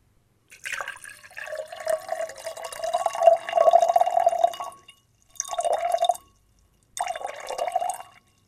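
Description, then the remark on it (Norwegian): Water is poured from one glass into another: one long, steady splashing pour, then two shorter bursts after brief pauses. The trickle has a bright, gurgling tone, and no one speaks. “Ja, det var et litt eksempel av vann som for så vidt kommer fra glass til et annet glass.”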